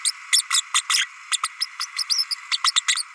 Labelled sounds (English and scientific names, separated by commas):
Green-rumped Parrotlet (Forpus passerinus) babbling